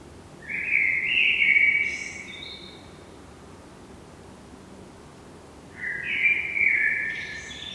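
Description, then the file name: Eurasian blackbird singing two mellow, fluted phrases with squeaky high flourishes, separated by a few seconds of quiet. "Turdus merula"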